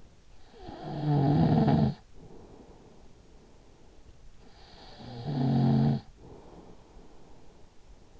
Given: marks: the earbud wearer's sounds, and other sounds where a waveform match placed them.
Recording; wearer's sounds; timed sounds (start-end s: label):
sounds in sleep by an in-ear microphone; snoring breath
0.49-8.20 s: snoring breath